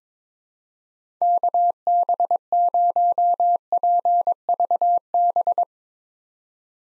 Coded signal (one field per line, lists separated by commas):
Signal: Morse code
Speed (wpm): 22 wpm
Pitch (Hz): 700 Hz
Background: none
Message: KB0PVB